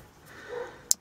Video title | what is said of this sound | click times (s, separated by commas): Code C1020 - Jeep Patriot - NBH Garage Edition - RE-EDIT | we push it all the way in if you heard that click push that red tab in and | 0.9 s